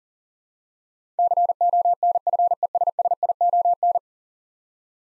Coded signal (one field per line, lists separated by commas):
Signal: Morse code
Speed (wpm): 37 wpm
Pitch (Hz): 700 Hz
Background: none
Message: CONFESSION